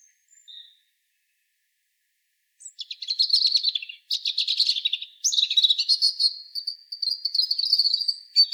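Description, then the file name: European robin song: quiet thin notes at first, then from about three seconds a long run of high, fast, twittering and warbled phrases with tumbling trills. "Erithacus rubecula"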